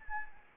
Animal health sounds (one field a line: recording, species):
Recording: mosquito wingbeat signal from an infrared sensor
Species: Anopheles arabiensis